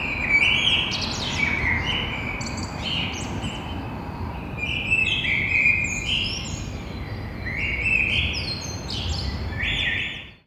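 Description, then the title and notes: Common blackbird delivering a run of varied fluted phrases and high squeaky trills, fairly continuous for ten seconds, with steady low background noise. Blackbird singing early in the morning, 6:30 on Thursday 9 April, street side between two windows, Grand Rond, Toulouse. "Un merle noir toulousain. Toulouse - Grand Rond Contributeur : Stéphane Marin"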